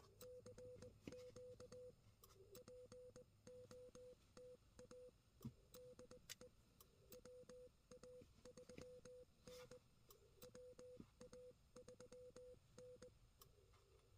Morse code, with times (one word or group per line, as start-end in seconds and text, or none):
0.2-1.9 CQ
2.6-5.1 POTA
5.8-6.5 DE
7.1-9.8 WA3N
10.4-13.1 WA3N